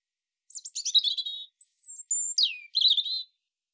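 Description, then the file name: European robin song with high twittering bursts, a long thin whistled note held steady, then a steep downward slur and more tinkling notes. "Erithacus rubecula"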